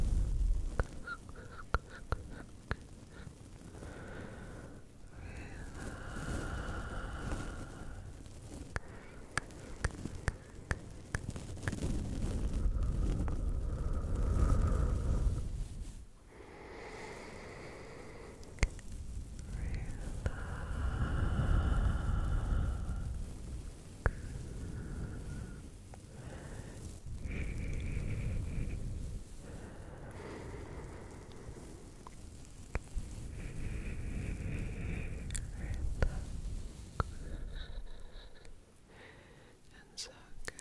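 Slow brushing against a microphone, with soft rubbing swells that rise and fade every few seconds. Each stroke carries a deep rumbling low end and a hazy hiss above, with occasional light ticks and scratches scattered throughout.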